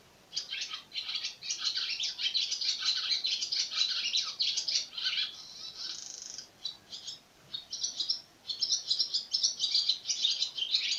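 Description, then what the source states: Swallow song, a fast high twitter of chirps and squeaks, broken by a short dry buzzy note near the middle and brief pauses before the chatter resumes. Recorded on 26 April 2017.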